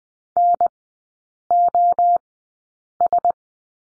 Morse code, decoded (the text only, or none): NOS